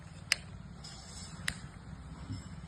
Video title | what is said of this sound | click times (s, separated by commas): ALUMINUM TELESCOPIC PRUNING SAW RS 5700 9787672239 MELUR MADURAI D TN | இது ஒரு lock இது முடிஞ்சது. | 0.3 s, 1.5 s